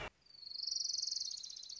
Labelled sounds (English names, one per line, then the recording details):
Orange-crowned Warbler
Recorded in Sonoma County, California